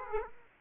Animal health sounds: mosquito wingbeat signal from an infrared sensor; Aedes aegypti

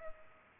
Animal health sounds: mosquito wingbeat signal from an infrared sensor; Culex pipiens

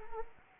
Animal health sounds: mosquito wingbeat signal from an infrared sensor; Anopheles arabiensis

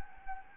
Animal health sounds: mosquito wingbeat signal from an infrared sensor; Anopheles gambiae

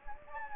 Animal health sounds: mosquito wingbeat signal from an infrared sensor; Anopheles gambiae

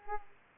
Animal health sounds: mosquito wingbeat signal from an infrared sensor; Aedes aegypti

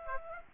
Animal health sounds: mosquito wingbeat signal from an infrared sensor; Aedes aegypti

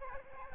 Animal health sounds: mosquito wingbeat signal from an infrared sensor; Aedes albopictus

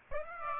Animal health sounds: mosquito wingbeat signal from an infrared sensor; Aedes aegypti

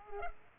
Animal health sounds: mosquito wingbeat signal from an infrared sensor; Culex pipiens

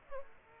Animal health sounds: mosquito wingbeat signal from an infrared sensor; Aedes aegypti

